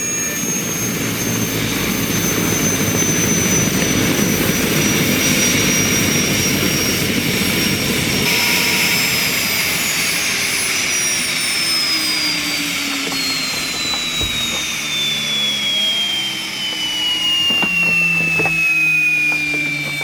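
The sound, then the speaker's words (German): Heavy space fighter jet engines roar steadily for about twenty seconds as the fighter lands at the Terrania spaceport in the Perry Rhodan radio drama. A bright high whine slowly slides downward in pitch over a dense low rumble, with no voices. “Er landete mit seinem schweren Raumjäger auf dem Raumhafen von Terrania und flog mit einem Hubschrauber zum Dach des Regierungsgebäudes.”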